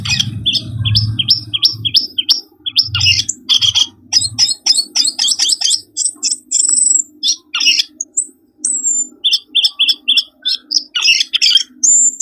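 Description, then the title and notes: Bird chirps in quick repeated bursts, with rising high notes and scratchy trills, and a low rumble in the first part. Lure sounds for attracting wary birds that are hard to approach. "Suara Burung Bandel Yang Susah Mendekati. Kompilasi Suara Pikat Burung"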